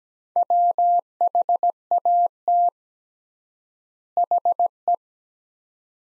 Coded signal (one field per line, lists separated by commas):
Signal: Morse code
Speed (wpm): 17 wpm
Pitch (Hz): 700 Hz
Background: none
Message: WHAT HE